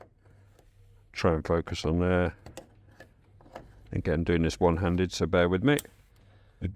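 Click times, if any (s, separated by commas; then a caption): 6.7 s. A wiring plug is pushed one-handed back into the rear of a vehicle indicator light housing while someone talks. A sharp, short click at 6.6 s marks the plug seating, and the indicators are connected.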